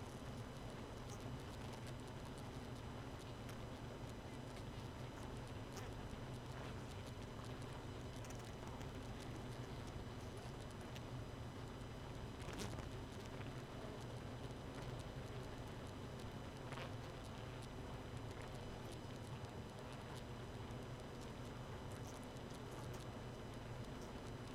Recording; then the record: honeybee colony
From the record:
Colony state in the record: missing queen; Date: 31 May 2018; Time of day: 0:44